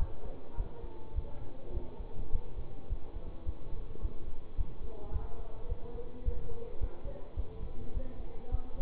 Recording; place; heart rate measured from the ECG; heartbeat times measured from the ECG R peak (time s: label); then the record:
heart sounds by stethoscope; between the tricuspid and mitral areas; 106 bpm
0.55 s: heartbeat
1.13 s: heartbeat
1.72 s: heartbeat
2.30 s: heartbeat
2.87 s: heartbeat
3.44 s: heartbeat
4.00 s: heartbeat
4.55 s: heartbeat
5.10 s: heartbeat
5.67 s: heartbeat
6.23 s: heartbeat
6.78 s: heartbeat
7.34 s: heartbeat
7.92 s: heartbeat
8.49 s: heartbeat
From the record:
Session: bicycle stress test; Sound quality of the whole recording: good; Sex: male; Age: 24 years